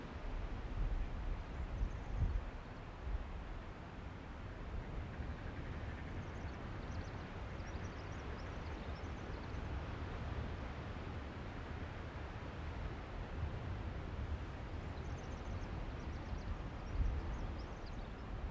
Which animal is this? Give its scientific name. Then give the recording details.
Vulpes lagopus. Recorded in the wild. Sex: pair. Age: adult. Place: Insel Mednyi, Kommandeur-Inseln, RU. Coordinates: 54.5167, 168.083. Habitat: tundra. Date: 1999-08-23. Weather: fair, almost no wind. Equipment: Sony TCD-D8, Sennheiser MKH 70, Windkorb. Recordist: Frommolt, Karl-Heinz. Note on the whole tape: Pereshejek, nördlich vom Kap Dlinnyi: Wa-Laute der Polarfuchsfähe links Gelb/Orange 37. Wechselbellen links Gelb/Orange 37 und Rüde rechts Rot/Rot 40 (Uli). Bellstrophen der Fähe mit Pegelangaben. Ungeschnittene Aufnahme. Entfernung 5 bis 12 m, am Schluß 35 m